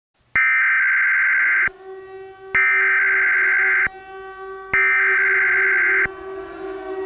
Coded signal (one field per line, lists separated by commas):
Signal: Emergency Alert System (SAME) tones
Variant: header bursts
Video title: EAS Mini:Torpedos Impact Bikini Bottom